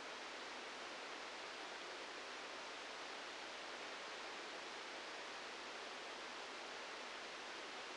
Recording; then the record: brain microelectrode recording played as sound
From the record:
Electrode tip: outside the subthalamic nucleus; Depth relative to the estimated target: -1 mm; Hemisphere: right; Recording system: NeuroSet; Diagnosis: Parkinson's disease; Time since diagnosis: 9 years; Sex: male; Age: 56 years